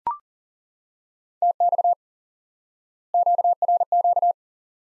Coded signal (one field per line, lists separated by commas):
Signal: Morse code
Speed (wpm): 40 wpm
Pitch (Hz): 700 Hz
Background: none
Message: TX QRQ